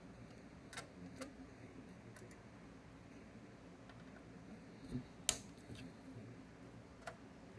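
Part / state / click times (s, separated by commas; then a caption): plastic trim panel retaining clips in the dashboard / released / 5.3 s. A plastic dash trim panel is pried off the interior of a 2015-2017 Subaru Legacy, and its retaining clips pop out of their holes with a sharp snap at 5.3 s. A few fainter ticks come before and after against a low background hum, and the clips come loose.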